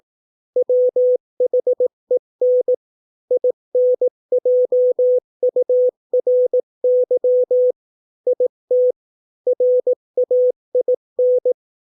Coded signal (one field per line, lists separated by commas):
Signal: Morse code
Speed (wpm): 18 wpm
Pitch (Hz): 500 Hz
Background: none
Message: WHEN INJURY IT RAIN